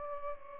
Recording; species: mosquito wingbeat signal from an infrared sensor; Aedes albopictus